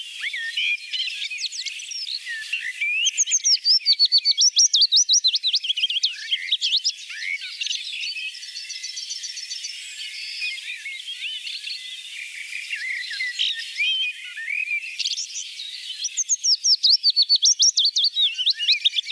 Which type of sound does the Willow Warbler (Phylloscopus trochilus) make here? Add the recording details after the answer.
song. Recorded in the wild. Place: Merdingen bis Ihringen / Kaiserstuhl, Baden-Württemberg, DE. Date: 1980-05-18. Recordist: Schwarz, Dieter